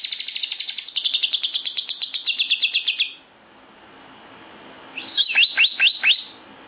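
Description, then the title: Lovebird chattering song: a long, fast, even string of high squeaky chirps for about three seconds, then a pause and a shorter run of sharp notes. National champion lovebird singing a full 'isian gacor' song. "Burung Lovebird Juara Nasional Full Isian Gacor"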